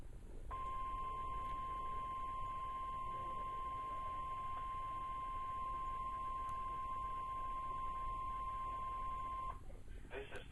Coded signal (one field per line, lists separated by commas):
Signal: Emergency Alert System (SAME) tones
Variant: 1050 Hz attention tone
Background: speech